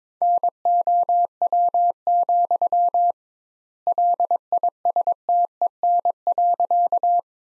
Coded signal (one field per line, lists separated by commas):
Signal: Morse code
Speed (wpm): 22 wpm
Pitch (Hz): 700 Hz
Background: none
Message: NOW, LISTEN.